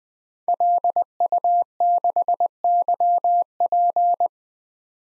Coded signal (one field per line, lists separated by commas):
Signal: Morse code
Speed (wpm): 20 wpm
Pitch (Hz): 700 Hz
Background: none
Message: LU6YP